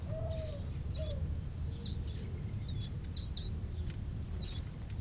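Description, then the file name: Eurasian wren producing piercing high notes at intervals, a couple louder and slurred, with soft lower whistles near the start over a quiet rumble. "Troglodytes troglodytes"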